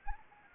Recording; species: mosquito wingbeat signal from an infrared sensor; Anopheles gambiae